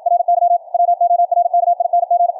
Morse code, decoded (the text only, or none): RY WORKING